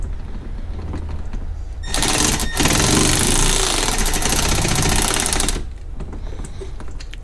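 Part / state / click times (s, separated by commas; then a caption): screw into threaded insert in car rear tub panel / stripped / none. A screw is power-driven into a threaded insert to fasten the rear tub cutout panel of a TrackSpec Motorsports kit on a C5 Corvette, which makes room for a 3-inch exhaust. A loud, steady power-tool whine runs from about 2.0 s to 5.6 s, with a brief break near 2.5 s and a few sharp spikes around 4.5 s, over a quiet background before and after. The screw cross-threads and spins the insert instead of tightening, so nothing seats and the fastening is stripped.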